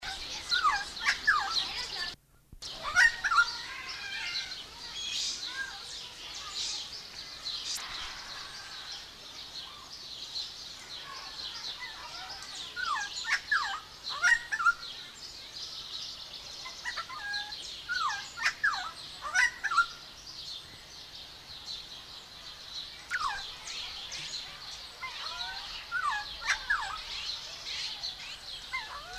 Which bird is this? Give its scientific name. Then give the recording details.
Philemon buceroides. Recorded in captivity. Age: adult. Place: Zoo Berlin, Berlin, DE. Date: 1991-06-03 10:38. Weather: cloudy, 12-15 °C. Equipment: Marantz, Sennheiser ME 80, Kopie Tesla B 116. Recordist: Tembrock, Günter